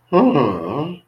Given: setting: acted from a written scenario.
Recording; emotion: vocal sound without words; contempt